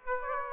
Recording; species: mosquito wingbeat signal from an infrared sensor; Aedes aegypti